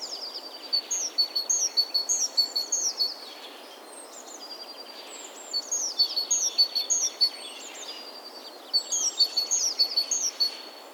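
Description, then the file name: Great tit producing three bouts of fast, high, thin chips and descending slurs, each a few seconds long, separated by short pauses over light background noise. "Parus major"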